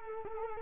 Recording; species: mosquito wingbeat signal from an infrared sensor; Culex quinquefasciatus